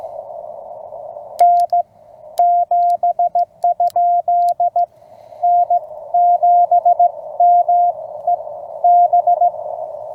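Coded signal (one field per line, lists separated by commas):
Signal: Morse code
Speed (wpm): 16 wpm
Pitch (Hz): 700 Hz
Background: none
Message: N7? N7MEB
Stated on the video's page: CW POTA activation from a state park, offered as call-sign copy practice.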